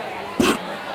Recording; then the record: coughing mixed with background sound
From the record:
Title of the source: 60 coughing still (deep and wet cough)